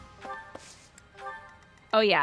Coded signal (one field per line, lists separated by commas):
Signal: none